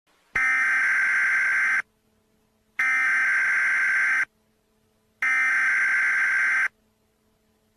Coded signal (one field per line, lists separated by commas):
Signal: Emergency Alert System (SAME) tones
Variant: header bursts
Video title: Hazardous Materials - An EAS Scenario